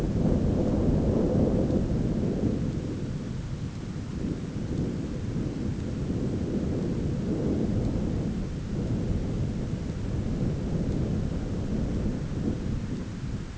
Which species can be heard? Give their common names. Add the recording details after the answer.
none. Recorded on Arctic tundra, site ZACK-1, on 9 June 2019. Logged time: 17:49